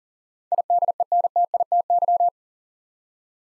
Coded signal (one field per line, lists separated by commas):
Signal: Morse code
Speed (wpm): 40 wpm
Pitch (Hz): 700 Hz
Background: none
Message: IDENTITY